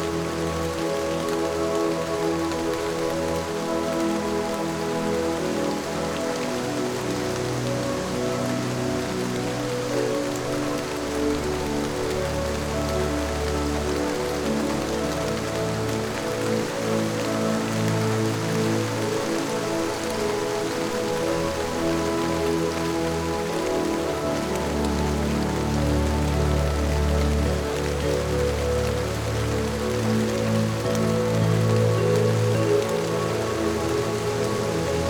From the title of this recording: Rainy Day in the Summer